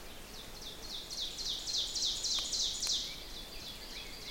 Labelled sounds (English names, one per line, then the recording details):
Ovenbird song
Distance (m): 45 m
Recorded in boreal forest in Alberta, Canada, on 6 June 2016 at 08:52
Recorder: SongMeter 3, array SBT-3-51
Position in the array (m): 242 m, 148 m
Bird 28